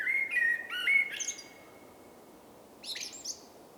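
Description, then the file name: Common blackbird singing a warbled fluty phrase that trails off, then a short high squeaky twitter after a pause. "Turdus merula"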